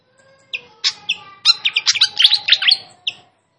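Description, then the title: Fantail song: a rapid, tumbling series of high twittering chirps and whistles, ending with one isolated note. Clear song used to train other birds. "Masteran Sikatan Kipas Suara Jernih Dan Suara Gemericik Air"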